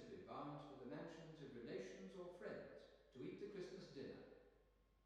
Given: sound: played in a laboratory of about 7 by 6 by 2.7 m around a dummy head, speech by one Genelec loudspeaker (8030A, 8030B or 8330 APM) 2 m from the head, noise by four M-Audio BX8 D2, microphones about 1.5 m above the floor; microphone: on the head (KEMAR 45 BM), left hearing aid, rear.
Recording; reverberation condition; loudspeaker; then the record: male speech in English; high; 120 degrees to the right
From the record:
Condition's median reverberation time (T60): about 1300 ms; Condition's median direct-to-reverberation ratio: about -4.0 dB